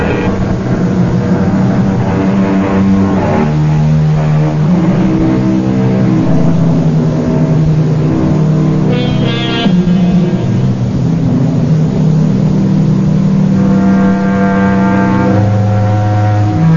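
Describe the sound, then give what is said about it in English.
A finely tuned sports car, off in the distance and approaching on a deserted highway near midnight, keens steadily, its high, harmonic whine shifting in pitch as it revs. The sound holds fairly loud throughout, with no voices. “Off in the distance, we hear the keening of a finely tuned sports car. It grows louder as the car approaches.”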